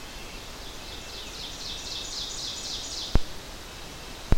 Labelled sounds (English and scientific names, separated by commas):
Ovenbird (Seiurus aurocapilla) song